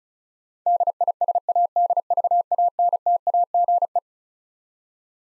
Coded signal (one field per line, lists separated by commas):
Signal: Morse code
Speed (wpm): 36 wpm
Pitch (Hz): 700 Hz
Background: none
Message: DISADVANTAGE